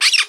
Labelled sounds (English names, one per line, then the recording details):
Brown-throated Parakeet contact call
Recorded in Margarita
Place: San Francisco, near stadium
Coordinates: 11.018, -64.294